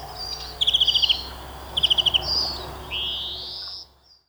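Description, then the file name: European greenfinch calls: two quick runs of clipped, chirping notes, then a long, wheezy, rising note. "Chloris chloris"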